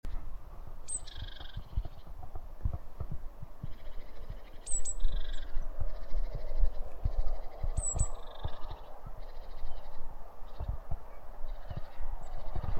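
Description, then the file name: Great tit calls: high, thin notes with a quick downward slide, repeated several times over a steady low rumble. "Parus major"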